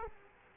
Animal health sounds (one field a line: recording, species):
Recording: mosquito wingbeat signal from an infrared sensor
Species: Culex quinquefasciatus